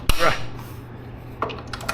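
A metal cotter (hitch) pin is pushed through the hole in an e-bike accessory mount and forced on until it snaps over, giving a sharp metallic snap at 0.1 s with a brief ringing tail. Quieter metallic clinks follow at about 1.4, 1.7 and 1.9 s over a low steady hum. The pin is seated and will hold.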